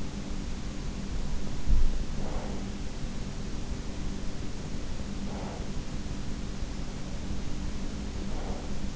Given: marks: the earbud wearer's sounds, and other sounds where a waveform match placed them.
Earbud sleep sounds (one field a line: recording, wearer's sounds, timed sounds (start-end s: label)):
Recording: sounds in sleep by an in-ear microphone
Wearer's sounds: breath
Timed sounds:
1.89-2.93 s: breath
5.14-6.06 s: breath
8.02-8.94 s: breath